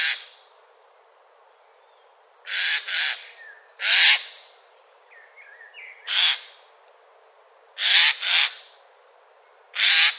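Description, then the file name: Eurasian jay rough screeching calls, single and doubled bursts every one to two seconds, with a few soft chirps between. "Garrulus glandarius"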